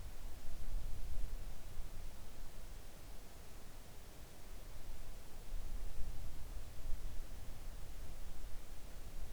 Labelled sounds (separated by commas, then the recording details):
near silence
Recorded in the Arctic National Wildlife Refuge, Alaska, on 3 August 2019 at 05:27
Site 41